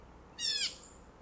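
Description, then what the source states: Mauritius bulbul giving a single harsh, nasal, buzzy call of about a third of a second, rich in overtones and slightly falling, against quiet background hiss. Recorded on the Macchabée trail, Mauritius.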